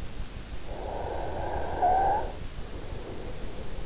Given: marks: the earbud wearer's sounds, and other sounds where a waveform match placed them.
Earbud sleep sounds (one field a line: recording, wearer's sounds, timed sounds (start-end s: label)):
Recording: sounds in sleep by an in-ear microphone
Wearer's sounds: snoring breath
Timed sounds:
0.66-3.66 s: snoring breath